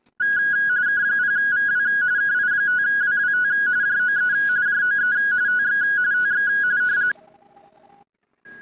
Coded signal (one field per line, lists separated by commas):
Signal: RTTY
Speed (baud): 45.45 baud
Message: K0VW KI5WWT JOE JOE TX TX